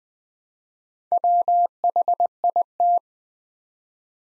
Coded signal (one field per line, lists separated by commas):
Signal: Morse code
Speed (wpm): 20 wpm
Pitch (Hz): 700 Hz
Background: none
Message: WHIT